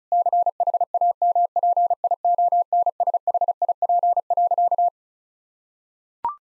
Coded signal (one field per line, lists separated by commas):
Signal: Morse code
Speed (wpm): 36 wpm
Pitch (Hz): 700 Hz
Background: none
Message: CHAMPIONSHIP.